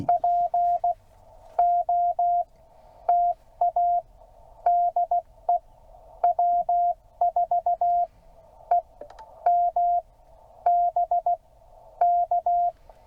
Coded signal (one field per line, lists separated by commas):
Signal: Morse code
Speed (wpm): 16 wpm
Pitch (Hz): 700 Hz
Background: none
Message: POTA DE W4EMB K